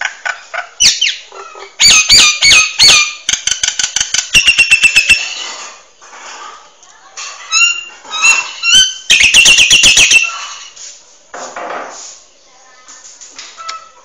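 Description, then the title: Nias hill myna song: loud harsh bursts, clicks and ringing whistled notes in irregular fast runs, with brief pauses between phrases. Song bird singing loudly and continuously, recorded for training other birds to copy its song. "Burung Jalak Nias Gacor Suara Super Gledek Untuk Masteran"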